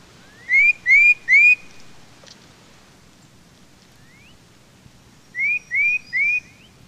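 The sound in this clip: Tufted titmouse whistled calls: two bursts of three clear, rising slurred notes, the first set near the start and the second after a pause of nearly four seconds, in a quiet setting.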